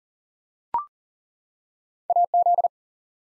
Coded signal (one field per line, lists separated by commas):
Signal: Morse code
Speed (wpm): 40 wpm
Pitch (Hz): 700 Hz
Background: none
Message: AZ